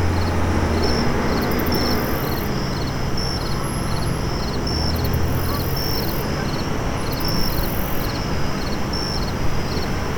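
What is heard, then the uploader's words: Central Park at night: a steady, dense low hum of traffic beneath rapid, regular high insect chirps pulsing about twice a second. Central Park at Night.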